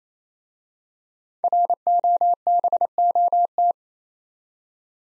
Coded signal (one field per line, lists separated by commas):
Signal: Morse code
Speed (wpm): 27 wpm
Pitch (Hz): 700 Hz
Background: none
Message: ROBOT